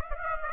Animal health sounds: mosquito wingbeat signal from an infrared sensor; Aedes aegypti

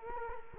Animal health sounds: mosquito wingbeat signal from an infrared sensor; Culex quinquefasciatus

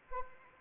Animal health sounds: mosquito wingbeat signal from an infrared sensor; Anopheles arabiensis

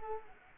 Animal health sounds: mosquito wingbeat signal from an infrared sensor; Culex quinquefasciatus

